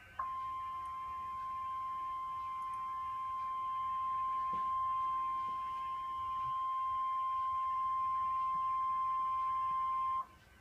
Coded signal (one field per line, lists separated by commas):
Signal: Emergency Alert System (SAME) tones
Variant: 1050 Hz attention tone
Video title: Severe Thunderstorm Warning for Central Indiana | EAS/NOAA Weather Radio (2/20/2014)